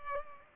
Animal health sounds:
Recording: mosquito wingbeat signal from an infrared sensor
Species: Culex pipiens

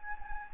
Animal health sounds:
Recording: mosquito wingbeat signal from an infrared sensor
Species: Anopheles gambiae

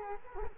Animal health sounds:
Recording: mosquito wingbeat signal from an infrared sensor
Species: Culex quinquefasciatus

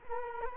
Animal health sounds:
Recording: mosquito wingbeat signal from an infrared sensor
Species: Culex quinquefasciatus

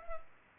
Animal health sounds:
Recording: mosquito wingbeat signal from an infrared sensor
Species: Culex pipiens

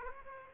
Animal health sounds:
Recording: mosquito wingbeat signal from an infrared sensor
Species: Aedes aegypti

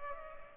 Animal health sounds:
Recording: mosquito wingbeat signal from an infrared sensor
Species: Culex pipiens

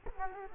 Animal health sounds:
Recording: mosquito wingbeat signal from an infrared sensor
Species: Culex quinquefasciatus

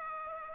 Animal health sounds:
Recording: mosquito wingbeat signal from an infrared sensor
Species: Aedes aegypti

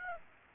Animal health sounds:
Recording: mosquito wingbeat signal from an infrared sensor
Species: Aedes aegypti

